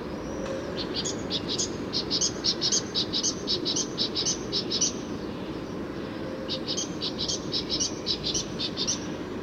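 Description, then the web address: Great tit calls: short, harsh high notes in quick runs, two runs split by a pause, over steady low background rumble. "SETE Parus major"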